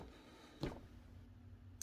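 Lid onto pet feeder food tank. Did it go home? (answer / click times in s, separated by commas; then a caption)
yes / 0.6 s, 1.8 s. The plastic lid of an automatic pet feeder is pressed down onto its food tank until it snaps into place. Over a low steady hum, a short sharp click is heard at 0.6 s and another very brief, louder one at 1.8 s as the lid seats.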